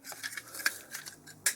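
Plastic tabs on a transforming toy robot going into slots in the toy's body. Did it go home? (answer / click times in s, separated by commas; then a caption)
yes / 1.5 s. Two plastic tabs on a transforming toy robot are pushed into two slots in the toy's body, making a series of small plastic clicks and scrapes. The tabs snap in and seat with a sharp click at 1.5 seconds.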